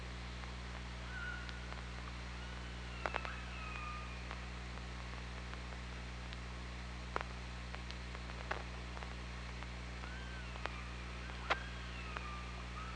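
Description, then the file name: Killer whale calls, several short descending and arching tones spread throughout, mixed with intermittent clicks and a low steady hum. Recorded on an OrcaLab hydrophone, 24 August 2017 at 07:23:45. "Orca Lab 20170824 072345"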